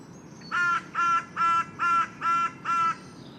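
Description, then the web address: Bird calling with six harsh, evenly spaced caws roughly every half second over a quiet background. "cianscape. Deverinetal. Bird Only"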